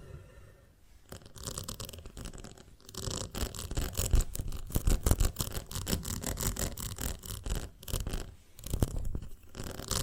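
Sticky, crackling handling of a honeycomb on a branch, dense rapid clicks and scratchy brushing that grow busier after three seconds, with brief pauses.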